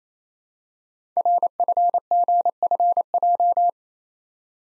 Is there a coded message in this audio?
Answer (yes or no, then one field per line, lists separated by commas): yes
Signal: Morse code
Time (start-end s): 1.2-3.7 s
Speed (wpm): 29 wpm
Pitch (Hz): 700 Hz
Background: none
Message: RFGFJ